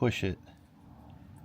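A new stamped metal DCT transmission fluid line stub, for a 2020-2022 GT500 and sourced from the 2026 Dark Horse SC, is being pushed into its mating main line section. Someone talks briefly over a quiet background. Nothing has seated or clicked yet.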